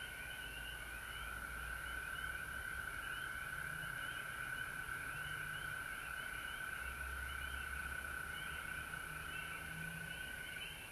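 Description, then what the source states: A frog chorus of continuous layered trilling, with intermittent low droning hums beneath it. Recorded at home in Georgia on March 19, 2020.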